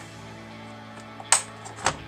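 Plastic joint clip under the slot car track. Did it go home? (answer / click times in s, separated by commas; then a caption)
yes / 1.3 s. The second plastic joint clip under a slot car track joint is pushed forward by hand and snaps home with a sharp click at 1.3 s, followed by a softer click at 1.9 s over a steady tonal background. The clip is seated and the two track segments are now joined.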